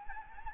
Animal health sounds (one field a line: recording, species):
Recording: mosquito wingbeat signal from an infrared sensor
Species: Anopheles arabiensis